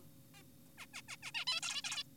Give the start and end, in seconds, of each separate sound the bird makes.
0.34-0.43, 0.78-0.86, 0.94-1.02, 1.08-1.17, 1.23-1.32, 1.34-1.45, 1.47-1.60, 1.63-1.82, 1.84-2.04